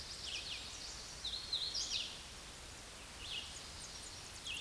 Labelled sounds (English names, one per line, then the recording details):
Hooded Warbler song
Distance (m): 20 m
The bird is about 10 m above the microphone
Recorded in a Pennsylvania forest on 16 May 2024 at 07:55
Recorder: AudioMoth, point MSD-2258
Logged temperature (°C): 15.2 °C
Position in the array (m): 141 m, 89 m